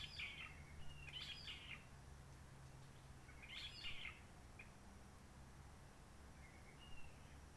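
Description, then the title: Réunion bulbul uttering three short chattering phrases and a thin whistle, with a steady low drone behind. Roche Merveilleuse forest, Réunion; quiet since the 19 March 2020 lockdown, no hikers, microlights or helicopters; sunny blue sky; birds not very active; sings simpler short phrases, adapted to past noise pollution. "Roche Merveilleuse, Réunion - Merle de lîle de la Réunion."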